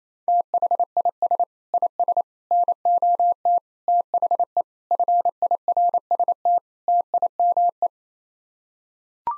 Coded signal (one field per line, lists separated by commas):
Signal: Morse code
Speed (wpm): 27 wpm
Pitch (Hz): 700 Hz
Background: none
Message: THIS IS NOT THE FIRST TIME